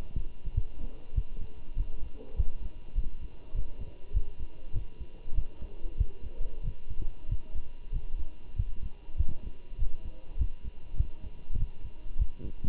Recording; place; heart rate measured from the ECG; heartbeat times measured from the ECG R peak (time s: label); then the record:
heart sounds by stethoscope; between the tricuspid and mitral areas; 98 bpm
0.55 s: heartbeat
1.16 s: heartbeat
1.77 s: heartbeat
2.37 s: heartbeat
2.96 s: heartbeat
3.55 s: heartbeat
4.14 s: heartbeat
4.74 s: heartbeat
5.35 s: heartbeat
5.98 s: heartbeat
6.64 s: heartbeat
7.29 s: heartbeat
7.93 s: heartbeat
8.57 s: heartbeat
9.18 s: heartbeat
9.79 s: heartbeat
10.39 s: heartbeat
10.98 s: heartbeat
11.58 s: heartbeat
12.19 s: heartbeat
From the record:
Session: walking at 3.7 km/h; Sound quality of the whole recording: good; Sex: male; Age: 23 years